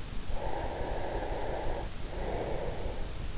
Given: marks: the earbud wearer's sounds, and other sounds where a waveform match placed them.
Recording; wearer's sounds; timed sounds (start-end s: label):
sounds in sleep by an in-ear microphone; breath
0.10-3.38 s: breath